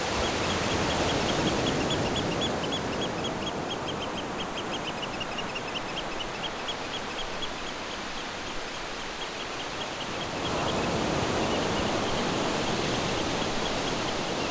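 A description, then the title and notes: Steady surf rushes on a beach, a dense, even hiss of waves that eases slightly mid-clip and swells back up near ten seconds. Over it, a bird repeats quick, high chirps in a regular run, fading at times but continuing throughout. Beach and Birds.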